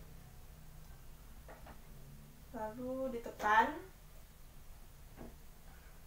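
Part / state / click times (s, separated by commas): RAM module into motherboard memory slot / not seated / none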